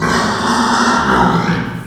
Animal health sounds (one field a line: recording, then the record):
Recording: squeal of a Yucatan mini pig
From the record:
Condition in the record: after surgery on the right vocal fold (resection and tissue-engineered implant)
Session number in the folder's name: 15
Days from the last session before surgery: 175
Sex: female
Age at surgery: 19 weeks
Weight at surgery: 25 kg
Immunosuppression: prednisolone